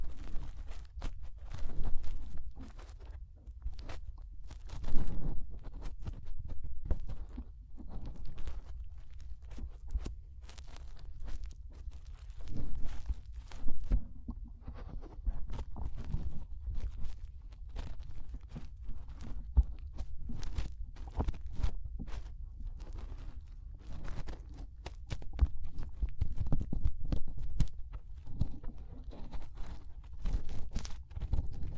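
Fingers rub and press inside an ear, making a continuous muffled rumble with crackly, crunching scrapes. Sharp clicks and rustles come irregularly, several per second, with louder pushes around 2, 5, 14 and 26 seconds. The sound stays dull and heavy throughout, with brief brighter crackles.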